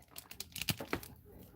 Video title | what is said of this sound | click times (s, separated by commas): 🔥 BUST IT OPEN LIVE! NECA Mirage TMNT Full Set + Fury Toys BBTS Exclusive Crocker Review | Snaps right in. | 0.7 s